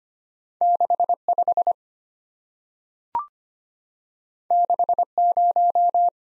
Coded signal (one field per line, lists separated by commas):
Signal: Morse code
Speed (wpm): 25 wpm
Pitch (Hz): 700 Hz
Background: none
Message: 6 5 6 0